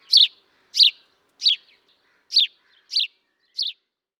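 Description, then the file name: House sparrow giving six sharp, clipped chirps at slightly uneven intervals, each a quick descending note, over a quiet background. "Passer domesticus"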